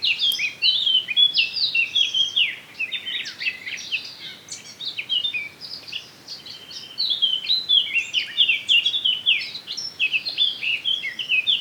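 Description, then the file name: Eurasian blackcap song: fast, tumbling warbling with bright whistled and scratchy notes, quieter in the middle before resuming strongly. "Sylvia atricapilla"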